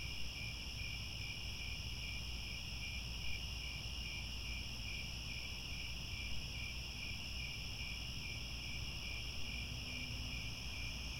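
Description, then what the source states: Crickets chirping steadily, a fast pulsing high trill with a steady higher drone above it, plus a soft low rumble and a brief faint tone near the end. Chorus of crickets at twilight, as the sun sets and stars come out.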